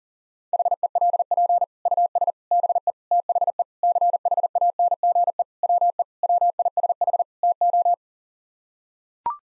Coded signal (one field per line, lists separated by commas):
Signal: Morse code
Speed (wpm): 40 wpm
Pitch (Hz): 700 Hz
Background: none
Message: HELP US BE THE CHANGE WE WISH TO